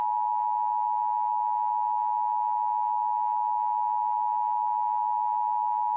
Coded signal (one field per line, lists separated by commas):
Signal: Emergency Alert System (SAME) tones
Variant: 853 and 960 Hz attention tone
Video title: EAS Scenario - Falling Out